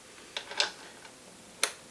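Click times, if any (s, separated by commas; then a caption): 1.6 s. The female end of an XLR cable is pushed into the input of a Pyrodigital pyrotechnic field module, with faint handling ticks at about 0.4 and 0.6 s. The latch gives a sharp, bright click at 1.6 s as the connector seats fully in.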